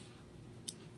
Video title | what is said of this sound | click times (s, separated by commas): Champagne and Blue Diamonds with Lauren Masters | You'll hear that little click. | 0.7 s